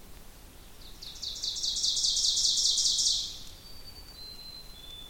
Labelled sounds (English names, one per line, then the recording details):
Ovenbird song
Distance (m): 20 m
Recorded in boreal forest in Alberta, Canada, on 2 June 2016 at 08:31
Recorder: SongMeter 3, array SBT-3-7
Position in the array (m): 194 m, 1 m
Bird 6